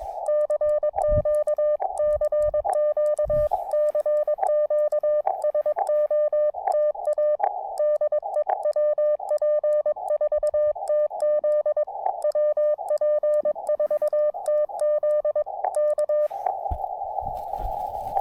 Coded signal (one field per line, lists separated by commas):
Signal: Morse code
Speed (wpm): 22 wpm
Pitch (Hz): 590 Hz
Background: none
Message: CQ CQ CQ SOTA DE WP4TZ WP4TZ K